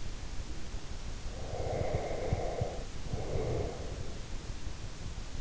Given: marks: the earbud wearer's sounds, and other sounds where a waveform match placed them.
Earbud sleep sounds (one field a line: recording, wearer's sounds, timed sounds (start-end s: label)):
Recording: sounds in sleep by an in-ear microphone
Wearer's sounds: breath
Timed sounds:
1.38-3.98 s: breath